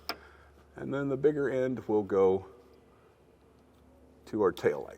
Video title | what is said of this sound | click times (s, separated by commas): etrailer - Installing the Curt T-Connector Vehicle Wiring Harness on a 2022 Honda HR-V | wait till it clicks | 0.1 s